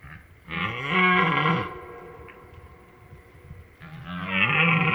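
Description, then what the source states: Red deer bellowing: two long, hoarse, deep roars, the first swelling and fading over a second, the second starting near the end, over a low background hiss. Rut at night in the Drôme, 4 October 2019, 23:15; three stags repeatedly confronting and fighting; Drôme river in background; binaural recording with Mixpre3 and two MKH8020.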